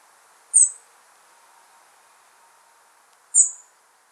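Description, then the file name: European robin uttering two sharp, high-pitched thin notes roughly three seconds apart against a low, quiet hiss. "Erithacus rubecula"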